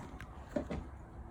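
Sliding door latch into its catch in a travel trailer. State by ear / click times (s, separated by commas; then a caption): not seated / none. A sliding door latch is handled near its catch inside a Keystone Bullet 291RLS travel trailer, a door that can jump off its track if left unlatched. Short knocks and rattles come at about 0.2 s and 0.6 s, with faint handling noise between them. The latch has not clicked shut yet; nothing has seated.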